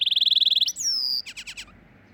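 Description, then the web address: Domestic canary song fragment: a fast high rolling trill, a falling whistled note, then a few quick buzzy notes fading out. "Canary Canary Singing"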